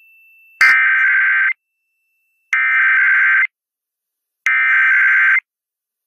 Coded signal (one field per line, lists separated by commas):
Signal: Emergency Alert System (SAME) tones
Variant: header bursts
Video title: KIIS 102.7 Required Weekly Test (EAS #10813) 4/25/23